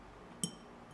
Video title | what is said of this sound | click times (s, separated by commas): The Quintessential Ducati Modification | you hear the snap | 0.4 s